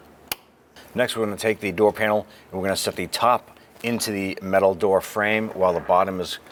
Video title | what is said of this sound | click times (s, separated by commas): How To Replace Window Regulator 2006-2012 Honda Civic | harness here press it until you hear it click in | 0.3 s